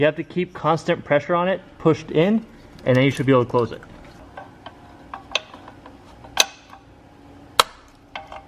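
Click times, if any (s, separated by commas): 7.6 s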